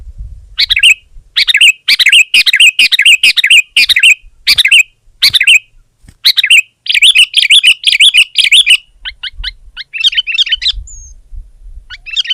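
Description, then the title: Sooty-headed bulbul pouring out dense bursts of bright chips and warbles, then trailing into a few thin, scattered notes. "kutilang"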